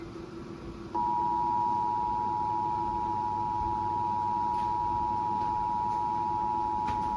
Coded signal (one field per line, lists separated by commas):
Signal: Emergency Alert System (SAME) tones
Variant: 853 and 960 Hz attention tone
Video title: EAS #41 - Severe Thunderstorm Warning